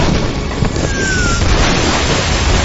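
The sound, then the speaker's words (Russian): Cannon fire at sea from pirates shooting at a ship: a dense, loud roar of rumbling booms over surging water, with a thin whistling tone that slides briefly downward in the middle. “Что такое? Кто теперь в нас стреляет?”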